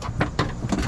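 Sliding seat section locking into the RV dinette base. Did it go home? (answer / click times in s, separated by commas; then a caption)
yes / 0.2 s, 0.4 s. A sliding seat section is slid over and locked into place on an RV dinette base, forming a proper seat with three-point seat belts. Two sharp clicks at 0.2 s and 0.4 s mark the lock engaging, followed by a softer knock near 0.7 s over low background rumble. The seat section is locked in.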